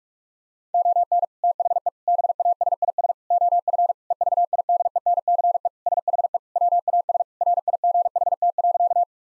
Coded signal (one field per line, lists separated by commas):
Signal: Morse code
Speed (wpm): 46 wpm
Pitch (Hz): 700 Hz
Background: none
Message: ON THE BASIS OF EVIDENCE SHE WAS RIGHT.